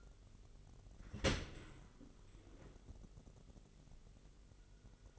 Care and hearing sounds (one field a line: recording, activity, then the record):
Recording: daily activity, microphone in the room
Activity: open dishwasher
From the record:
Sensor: 4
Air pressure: 999.0 hPa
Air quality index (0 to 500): 125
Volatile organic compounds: 2 ppm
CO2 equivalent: 1226 ppm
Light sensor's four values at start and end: 7/16/6/7 and 7/17/7/7